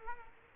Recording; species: mosquito wingbeat signal from an infrared sensor; Culex quinquefasciatus